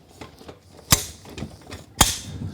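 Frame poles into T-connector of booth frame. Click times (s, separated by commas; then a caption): 0.9 s, 2.0 s. Aluminium frame poles of a SoundProof-er SPB63 vocal booth are pushed further onto a T-connector until their spring buttons click home. Two sharp, bright clicks ring out at 0.9 s and 2.0 s over faint handling sounds, and the poles are seated.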